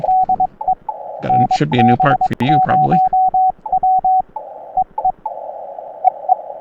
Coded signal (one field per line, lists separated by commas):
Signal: Morse code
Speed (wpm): 22 wpm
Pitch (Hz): 750 Hz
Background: speech, radio noise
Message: DE NB0W EE EE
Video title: CW POTA Activation From Myrtle E. Hall WMA - Morse Code 20m - NB0W Ham Radio - Parks On The Air